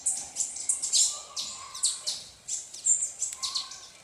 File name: canto-da-saíra-militar